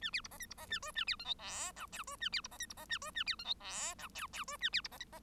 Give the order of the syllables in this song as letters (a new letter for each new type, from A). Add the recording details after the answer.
A B C D E C D A F A B G H I J K F A B C D E C D A F A B G H I J K K F A B C D E D. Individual Bird1